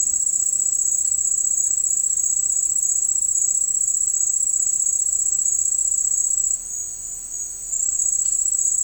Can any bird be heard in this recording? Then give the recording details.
no. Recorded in dense forest near Puerto Asís, Putumayo, Colombia, on 13 March 2025 at 11:30. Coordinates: 0.485, -76.318. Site G056